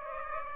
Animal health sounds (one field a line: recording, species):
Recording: mosquito wingbeat signal from an infrared sensor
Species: Aedes aegypti